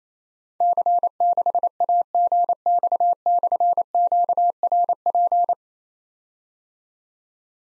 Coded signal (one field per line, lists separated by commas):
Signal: Morse code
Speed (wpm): 27 wpm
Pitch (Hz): 700 Hz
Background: none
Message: C6AGX/QRP